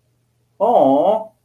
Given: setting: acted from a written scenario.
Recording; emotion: vocal sound without words; adoration